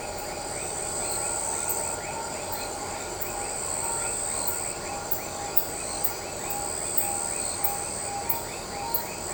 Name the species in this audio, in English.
none